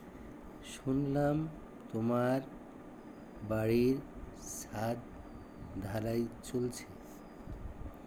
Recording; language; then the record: elicited speech; Bengali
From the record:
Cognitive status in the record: dementia